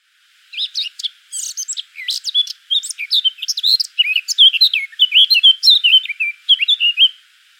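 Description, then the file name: Eurasian blackcap song: a steady, rushing stream of sharp chattering notes mixed with mellow whistles, fairly even in loudness throughout. "Sylvia atricapilla"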